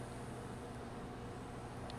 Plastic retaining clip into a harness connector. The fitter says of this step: that locks it in